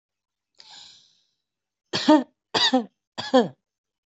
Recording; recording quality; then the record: shallow voluntary cough; excellent, no background noise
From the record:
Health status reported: healthy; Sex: female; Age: 40 years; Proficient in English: yes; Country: India